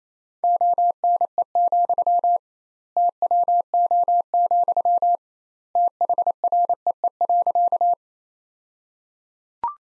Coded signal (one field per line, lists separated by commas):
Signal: Morse code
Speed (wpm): 28 wpm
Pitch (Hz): 700 Hz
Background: none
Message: ONE, TWO, THREE.